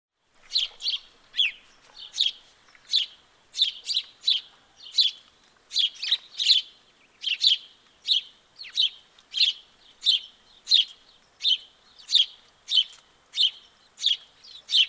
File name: Passer domesticus